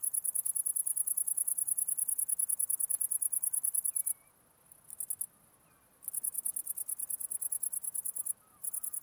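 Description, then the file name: Cricket chirping in fast high pulses that falter for about two seconds midway, with one short burst, then resume with a brief break. Recorded 11 August 2009. "20090811 crickets"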